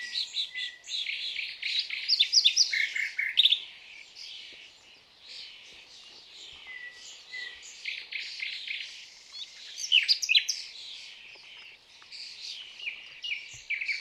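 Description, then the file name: Common nightingale song, a long stream of rich chattering notes and rattling trills, loudest near the start and again around ten seconds. "Luscinia megarhynchos"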